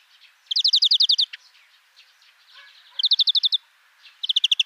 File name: Chloris chloris